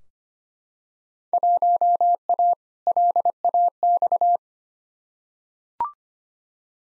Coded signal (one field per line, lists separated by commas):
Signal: Morse code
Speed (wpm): 25 wpm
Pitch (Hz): 700 Hz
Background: none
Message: 1A LAX